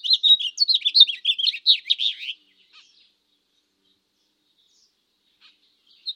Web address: zvuk ot peene na pilenca v gradinski parcel